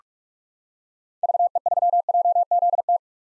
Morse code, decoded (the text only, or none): VE3JZT